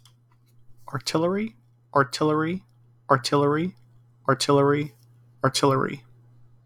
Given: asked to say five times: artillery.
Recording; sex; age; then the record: repeated word; male; 20 to 29 years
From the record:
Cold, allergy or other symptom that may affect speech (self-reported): no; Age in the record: 28 years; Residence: Florida, United States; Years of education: 15